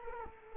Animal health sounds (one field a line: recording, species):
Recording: mosquito wingbeat signal from an infrared sensor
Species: Culex quinquefasciatus